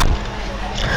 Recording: coughing mixed with background sound